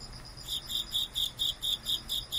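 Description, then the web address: Cricket chirps pulsing steadily about four times a second, bright and high. "White Noise cricket"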